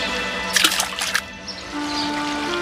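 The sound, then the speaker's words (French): A quick cluster of watery splashes bursts out over about half a second as a man pushes a group of mice off a bridge into a river, followed by a softer, steady wash of liquid sound. No one speaks. “Il se mit à rire et les poussa dans la rivière.”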